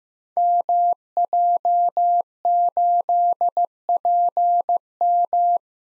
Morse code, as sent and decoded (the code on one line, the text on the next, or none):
-- .--- ---.. .--. --
MJ8PM